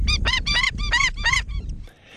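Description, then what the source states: Indian skimmer calls: a rapid series of several harsh, nasal yapping notes, then a few fainter ones as the sound fades away. Black and white water bird with a large orange beak, nesting on sandbanks; a conservationist won an award for protecting its population.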